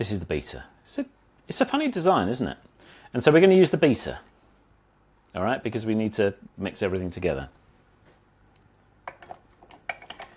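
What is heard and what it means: Someone talks while handling a metal flat beater that will be pushed onto a stand mixer's drive shaft and twisted to lock. Toward the end there are a few short metallic clinks around 9.1, 9.9, 10.1 and 10.2 seconds as it is handled. The beater has not yet seated or locked onto the shaft by the end.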